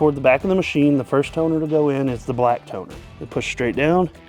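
Someone talks while a black toner cartridge is pushed straight down into its slot toward the back of a Xerox C410/C415 laser printer. The clip ends before the cartridge goes home, so nothing has seated or clicked yet.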